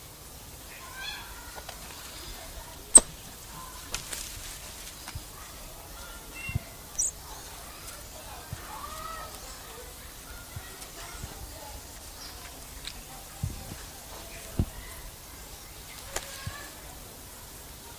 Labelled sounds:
White-faced Saki (Pithecia pithecia)
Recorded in captivity
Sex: group
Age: adult
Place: Zoo Halle, Sachsen-Anhalt, DE
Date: 2007-10-08 16:25
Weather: sonnig, 14°C
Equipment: Sony WM-D6C, Sennheiser ME 80, Kopie Uher 4000 Report Monitor
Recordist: Tembrock, Günter

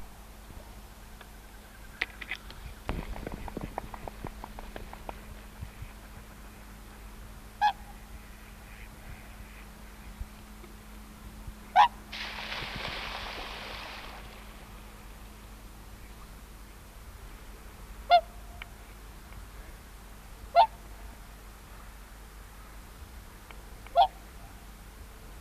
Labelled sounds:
Whooper Swan (Cygnus cygnus) call
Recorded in the wild
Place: Schlüsselburg Petershagen, Nordrhein-Westfalen, DE
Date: 1976-02-08
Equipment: Halbspur, 9,5 cm/s
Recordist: Lütgens, Hans
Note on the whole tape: Weserschleife: Rufe

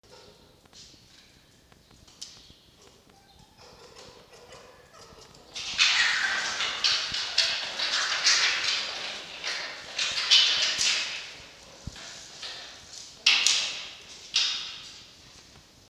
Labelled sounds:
Red Fox (Vulpes vulpes)
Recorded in captivity
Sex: female
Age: diverse
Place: Zoologisches Institut der HUB, Berlin, DE
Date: 1953-05-29 18:20
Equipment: Elmetra
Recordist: Tembrock, Günter
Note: Fiffi: Muffen mit Fleisch; Molly: Stoßlaute bei der Futterverteidigung gegen Quick

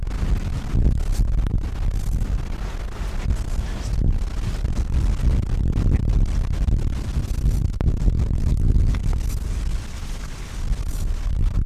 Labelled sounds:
Arctic Fox (Vulpes lagopus)
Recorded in the wild
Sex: male
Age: adult
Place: Insel Mednyi, Kommandeur-Inseln, RU
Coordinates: 54.5167, 168.083
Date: 1999-06-21 23:14
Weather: Nebel, 3°C, mäßiger Wind aus Südost
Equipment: Sony WM-D6C, Sennheiser ME 80, Windkorb, Kopie Sony TCD-D8
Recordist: Frommolt, Karl-Heinz

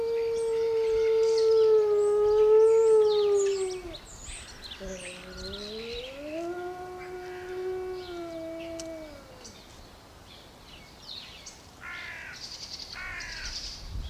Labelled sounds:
Gray Wolf (Canis lupus) howling
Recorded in captivity
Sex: group
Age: adult
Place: Zoo Berlin, Berlin, DE
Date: 1988-11-12 10:12
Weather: bedeckt, 8-12°C
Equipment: Sony WM-D6C, Kopie 19 cm
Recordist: Tembrock, Günter

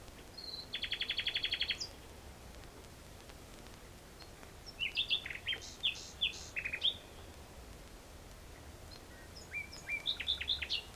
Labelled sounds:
Common Nightingale (Luscinia megarhynchos) song
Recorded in the wild
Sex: male
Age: adult
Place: Bielefeld-Jöllenbeck, Nordrhein-Westfalen, DE
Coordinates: 52.1, 8.51667
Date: 1968
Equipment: Uher 4000 Report-S, Bändchenmikro Beyer M 260, Parabolspiegel Polyester (470 mm)
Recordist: Conrads, Klaus
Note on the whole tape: Männchen: Gesang. Keine genaue Datumsangabe: Mai 1968. Technische Störung (Knistern)

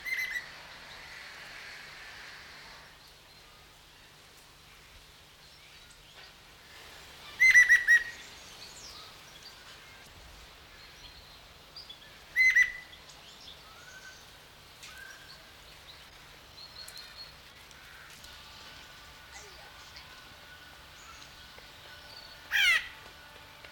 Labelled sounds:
Greater Necklaced Laughingthrush (Garrulax pectoralis) call
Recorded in captivity
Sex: male
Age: adult
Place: Zoo Berlin, Berlin, DE
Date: 1993-10-16
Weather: heiter, 6-10 °C
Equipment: Marantz CP 430, Sennheiser MKH 416 T, Kopie Uher Variocord 263
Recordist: Tembrock, Günter

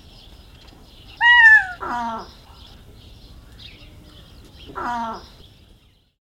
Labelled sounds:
Long-legged Buzzard (Buteo rufinus)
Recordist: Tembrock, Günter

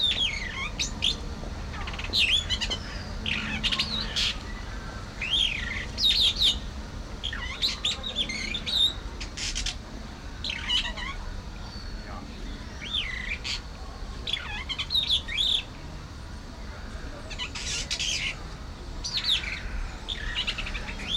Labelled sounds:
Golden-breasted Starling (Lamprotornis regius)
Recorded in captivity
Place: Zoo Berlin, Berlin, DE
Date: 1992-08-01 12:10
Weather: sonnig, 24-26°C
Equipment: Marantz CP 430, Sennheiser ME 80, Kopie Tesla B 116
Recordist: Tembrock, Günter

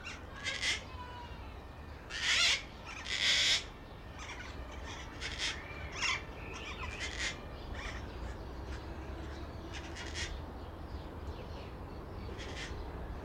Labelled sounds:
Slender-billed Parakeet (Enicognathus leptorhynchus)
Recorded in captivity
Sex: group
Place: Zoo Berlin, Berlin, DE
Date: 1994-02-11 12:27
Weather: Bedeckt, 4°C
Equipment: Marantz CP 130, Sennheiser ME 80, Kopie Uher Variocord 263
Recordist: Tembrock, Günter

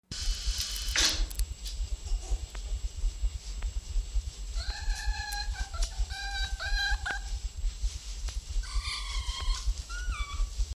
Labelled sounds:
Red Fox (Vulpes vulpes)
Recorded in captivity
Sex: diverse
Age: diverse
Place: Zoologisches Institut der HUB, Berlin, DE
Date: 1956-06-01
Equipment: Elmetra
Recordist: Tembrock, Günter
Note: Molly-Welpen. Männchen: rhythmisches Begrüßungswinseln; Jupp: Muffen ohne Fleisch; Weibchen: Winseln

